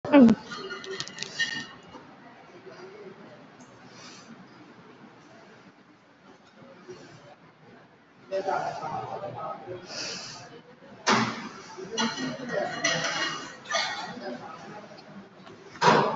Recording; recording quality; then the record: shallow breathing; excellent, no background noise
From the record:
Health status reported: COVID-19 positive, moderate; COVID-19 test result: positive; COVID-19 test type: RT-PCR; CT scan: taken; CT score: 4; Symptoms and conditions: cough, cold, fatigue, muscle pain, loss of smell and taste, another respiratory illness, hypertension, diabetes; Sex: female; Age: 46 years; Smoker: no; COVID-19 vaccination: both doses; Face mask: worn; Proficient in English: yes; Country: India